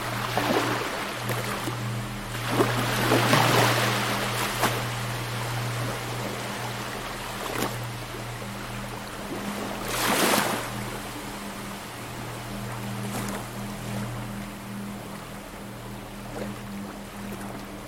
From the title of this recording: Beach Sounds and Mysterious Ambient Music